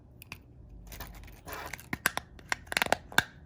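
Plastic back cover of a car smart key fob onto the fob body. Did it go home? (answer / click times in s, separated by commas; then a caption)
no / none. The plastic back cover of a Lincoln/Ford car smart key fob is handled back onto the fob body after its CR2025 coin cell has been replaced, with the bottom edge slid in first. Soft scraping and rustling build into a series of sharp plastic ticks and taps near 2.1, 2.5, 2.8, 2.9 and 3.2 seconds. The cover has not snapped shut or seated yet.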